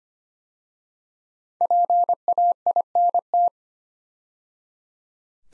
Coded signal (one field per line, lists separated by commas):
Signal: Morse code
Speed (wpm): 25 wpm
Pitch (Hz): 700 Hz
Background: none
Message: PAINT